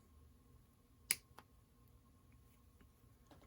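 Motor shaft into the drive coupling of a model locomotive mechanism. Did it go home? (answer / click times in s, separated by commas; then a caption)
yes / 1.1 s. While mounting the motor in an HO scale model steam locomotive kit, the motor shaft is pushed into the plastic drive-shaft coupling, giving a sharp snap at 1.1 s followed by a fainter click at 1.4 s against a quiet hum. The coupling snaps into place and is seated.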